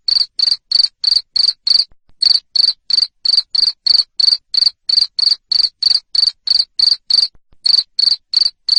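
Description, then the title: Cricket chirp series: loud, ringing, high-pitched pulses repeated steadily around three times a second, interrupted by two brief gaps. Loud cricket chirping (ngerik) to stimulate lovebirds into continuous singing (ngekek). "Suara JANGKRIK NGERIK Keras Bikin LOVEBIRD Jadi NGEKEK Terus Vubey"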